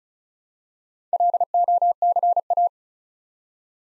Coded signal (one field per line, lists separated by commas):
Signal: Morse code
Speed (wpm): 36 wpm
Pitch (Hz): 700 Hz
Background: none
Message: LOCA